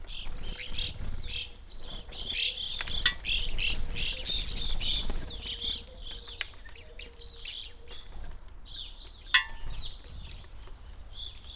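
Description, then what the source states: Evening grosbeaks giving busy chirping calls in a flock, bursts of high notes for several seconds then thinning out, a faint steady hum and a sharp click. Flock feeding on sunflower seeds at backyard feeder hanging from a birch, relatively warm winter morning, McCloud, Siskiyou County, California; microphones either side of the tree trunk.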